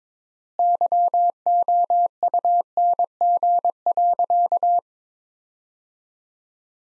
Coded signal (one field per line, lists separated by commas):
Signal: Morse code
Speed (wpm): 22 wpm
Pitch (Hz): 700 Hz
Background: none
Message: YOUNG.